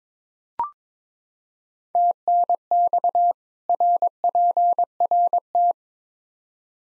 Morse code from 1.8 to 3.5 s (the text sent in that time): TNX